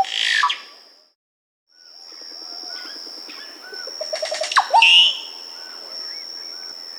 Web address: S America Andean Birds Dusky-Green Oropendola (Psarocolius Atrovirens)